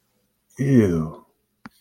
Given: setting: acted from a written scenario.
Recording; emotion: vocal sound without words; disgust